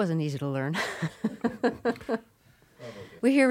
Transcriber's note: laughter